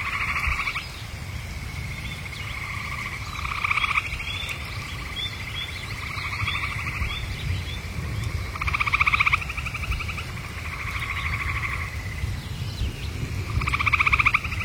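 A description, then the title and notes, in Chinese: At a campsite, frogs call in repeated pulsing bursts every few seconds over a steady low rumble of wind or other noise. 大自然的声音-野外露营。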